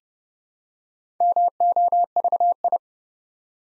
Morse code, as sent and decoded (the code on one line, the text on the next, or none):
-- --- ...- ..
MOVI